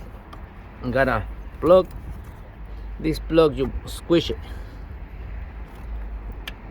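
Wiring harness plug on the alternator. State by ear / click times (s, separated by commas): released / 6.5 s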